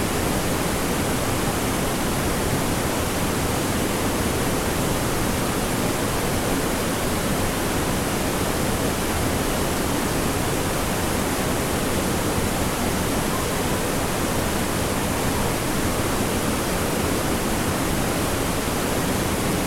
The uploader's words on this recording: The Sinks Cave, Wyoming. Recorded from a perch on the rocks just before the water disappears under the mountain. Recorded on a Zoom F6 via a matched pair of Clippy EM272s. The Sinks are a series of limestone caves that swallow the middle fork of the Popo Agie River in the Wind River Mountains of Wyoming. The river is low enough in the summer to actually enter part of the cave, which is where the recording was made.